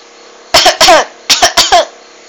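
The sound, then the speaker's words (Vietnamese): Harsh, choking coughs come in two rapid bursts of three, sputtering and strained from someone choking on water they were drinking, loud over a faint steady background hum. “Cứu mạng, bị sặc rồi. Có thể thấy lúc đang nghe lén người khác nói chuyện thì tuyệt đối không nên uống nước.”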